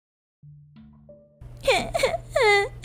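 A child wails and cries loudly in several rising and falling high-pitched bursts over a low steady hum, after a few sustained electronic tones at the start.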